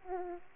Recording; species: mosquito wingbeat signal from an infrared sensor; Aedes aegypti